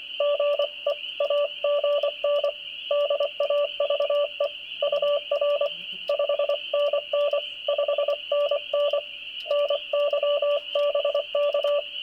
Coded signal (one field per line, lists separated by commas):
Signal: Morse code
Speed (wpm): 24 wpm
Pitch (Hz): 580 Hz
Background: radio noise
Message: GE AGN DAVE UR 5NN 5NN NY BK